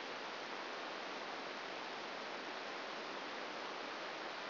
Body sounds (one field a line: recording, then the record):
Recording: brain microelectrode recording played as sound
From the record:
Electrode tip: outside the subthalamic nucleus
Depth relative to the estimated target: 4 mm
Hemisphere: left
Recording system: AlphaMap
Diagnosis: Parkinson's disease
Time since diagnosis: 9 years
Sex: male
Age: 68 years